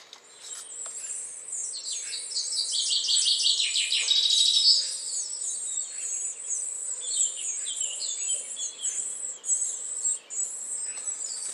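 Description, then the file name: Great tit calling with a rapid burst of sharp, falling notes, then softer scattered repeats, with a steady high hissing tone throughout. "Parus major"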